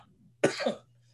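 A single sharp cough burst, lasting under half a second, with an explosive start and a brief voiced tail over a faint steady hum, from an adult man. It is a reflex cough after sparkling water he was drinking went down the wrong pipe into the airway.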